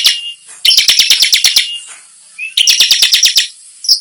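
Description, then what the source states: Bar-winged prinia song: bursts of rapid scratchy chips, the second led by a brief rising whistle. Called gacor, meaning singing actively, in the nembak style.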